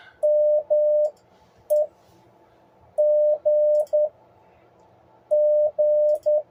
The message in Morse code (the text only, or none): MEGG